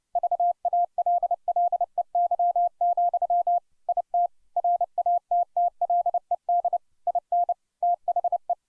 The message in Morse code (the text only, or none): VALLEY, IT RATTLED IN THE